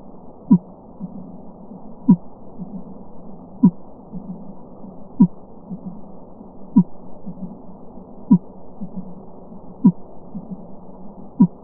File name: Fin whale x 10